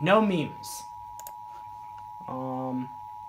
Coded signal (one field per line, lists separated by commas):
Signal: Emergency Alert System (SAME) tones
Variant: 853 and 960 Hz attention tone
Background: speech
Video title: EAS 144 SVR